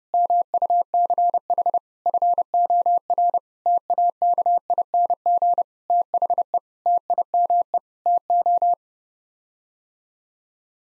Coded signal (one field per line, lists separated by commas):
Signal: Morse code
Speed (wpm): 30 wpm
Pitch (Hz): 700 Hz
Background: none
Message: MUCH FOR TAKING THE TIME TO